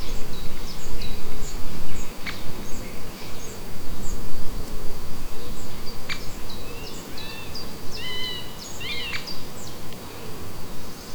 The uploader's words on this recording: 匈牙利塞克斯扎德Gemenc Forest.